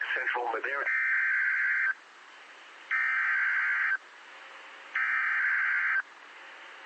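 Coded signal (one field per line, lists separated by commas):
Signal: Emergency Alert System (SAME) tones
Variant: header bursts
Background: speech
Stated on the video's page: Severe Thunderstorm Warning EAS alert for Tulare and Fresno counties from NOAA Weather Radio in Fresno, California.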